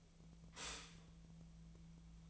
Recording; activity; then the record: daily activity, microphone in the room; stop toaster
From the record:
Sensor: 1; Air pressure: 1009.3 hPa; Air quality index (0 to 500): 195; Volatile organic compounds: 19 ppm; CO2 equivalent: 2664 ppm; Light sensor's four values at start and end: 28/71/29/35 and 28/71/29/35